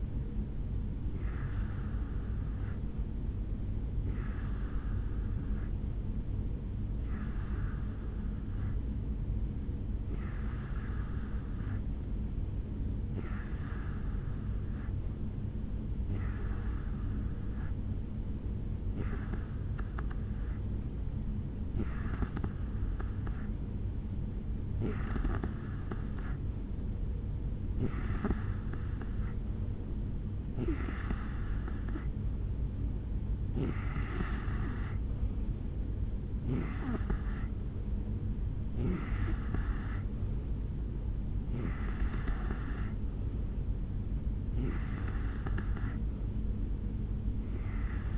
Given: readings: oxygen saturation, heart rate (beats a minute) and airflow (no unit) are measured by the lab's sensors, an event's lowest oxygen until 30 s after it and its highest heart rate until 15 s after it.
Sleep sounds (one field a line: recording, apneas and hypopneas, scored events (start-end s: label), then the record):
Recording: breathing in sleep by a smartphone at the bedside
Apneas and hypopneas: none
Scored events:
8.00-38.00 s: new sleep stage, N3 (deep sleep)
38.00-48.18 s: new sleep stage, N2 (light sleep)
From the record:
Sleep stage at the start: N2 (light sleep)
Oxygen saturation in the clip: 88 to 91%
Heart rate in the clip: 68 to 71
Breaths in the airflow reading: 16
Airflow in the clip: -4.4 to 3.1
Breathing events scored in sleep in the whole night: 449 in 7.0 hours asleep